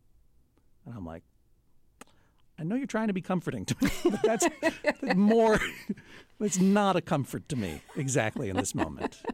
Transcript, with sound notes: And I'm like, I know you're trying to be comforting to me, but that's more...
(LAUGHTER)
It was not a comfort to me exactly in this moment.